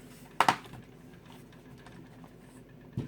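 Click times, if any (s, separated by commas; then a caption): 0.4 s. The plastic back cover of an Acer Aspire M5 laptop is pressed down onto the laptop base, and its clips snap into place with a sharp click at 0.4 s, followed quickly by a second snap at 0.5 s. Quiet low handling noise follows, with a brief soft knock near 3.0 s. The cover is seated, though the laptop was opened before, so some clips may be broken and the top left does not click.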